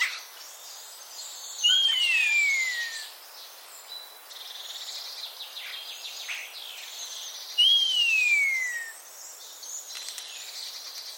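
Common starling repeating a clear whistle that rises briefly then falls, twice about six seconds apart, amid soft scratchy chatter and hiss.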